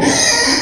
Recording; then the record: squeal of a Yucatan mini pig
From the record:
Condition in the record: before surgery on the right vocal fold (resection and tissue-engineered implant); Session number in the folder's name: 2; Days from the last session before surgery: 0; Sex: male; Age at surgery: 12 weeks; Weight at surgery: 13 kg